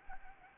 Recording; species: mosquito wingbeat signal from an infrared sensor; Anopheles arabiensis